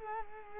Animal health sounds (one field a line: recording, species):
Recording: mosquito wingbeat signal from an infrared sensor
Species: Culex quinquefasciatus